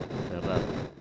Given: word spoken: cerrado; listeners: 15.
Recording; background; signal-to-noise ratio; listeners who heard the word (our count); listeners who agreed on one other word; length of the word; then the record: one Spanish word in noise, from a listening test; noise modulated by three-talker babble; -4.2 dB; 5 of 15; 9 of 15; 0.61 s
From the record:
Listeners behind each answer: 9, 5, 1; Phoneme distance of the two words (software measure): 17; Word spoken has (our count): 3 syllables, 6 phonemes, stress on syllable 2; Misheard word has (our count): 2 syllables, 5 phonemes, stress on syllable 2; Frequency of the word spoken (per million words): 35.29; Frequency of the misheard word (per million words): 35.65